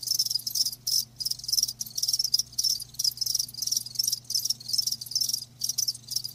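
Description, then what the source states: Shrill cricket chirping in rhythmic bursts separated by brief silences, with a steady low hum in the background. Live crickets chirping, a lulling song.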